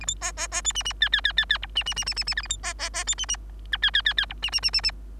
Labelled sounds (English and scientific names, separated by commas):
Bengalese Finch (Lonchura striata domestica) song